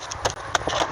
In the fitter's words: clicks into place nicely.